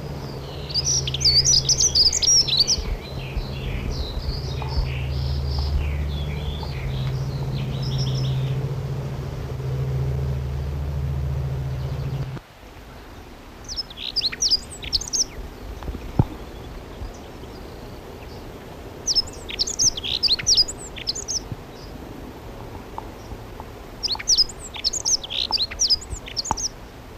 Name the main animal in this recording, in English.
Dunnock